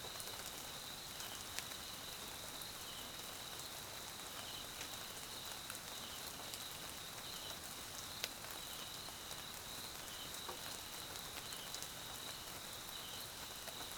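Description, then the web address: Crickets chirping in a steady high continuous trill beneath the patter of rain, with scattered drips and occasional sharper raindrop knocks. South African crickets, night in rain, jungle at Mkhaya, Swaziland; background ambience. "Tonschliff - SOUTH AFRICAN CRICKETS BG Swaziland Mkhaya Jungle Night Rain"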